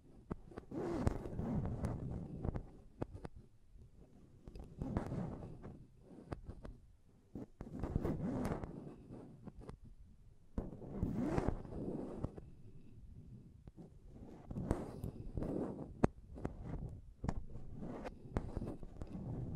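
Tapping and scratching on a microphone come in dense bursts of a second or two, each thick with low thuds and rough rubbing, broken by sharp clicks. The bursts return roughly every two to three seconds, with short quieter gaps between them.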